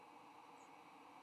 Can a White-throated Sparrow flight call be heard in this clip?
no